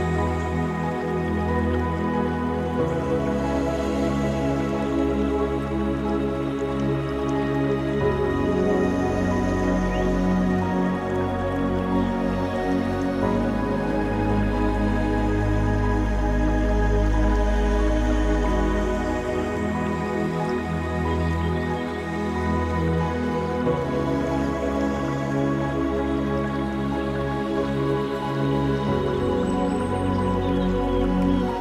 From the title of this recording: Meditation Music and Nature Sounds - Forest Stream Scene